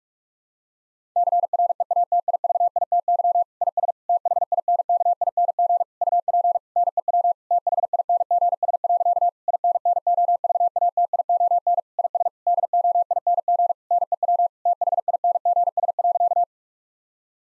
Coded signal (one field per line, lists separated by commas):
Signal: Morse code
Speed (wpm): 46 wpm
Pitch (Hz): 700 Hz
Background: none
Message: CREATIVITY IS THINKING UP NEW THINGS. INNOVATION IS DOING NEW THINGS.